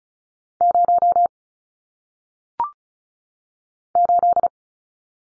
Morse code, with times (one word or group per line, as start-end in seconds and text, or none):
0.6-1.3 0
4.0-4.5 8